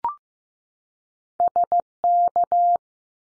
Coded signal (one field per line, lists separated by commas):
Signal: Morse code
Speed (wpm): 15 wpm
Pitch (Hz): 700 Hz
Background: none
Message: S K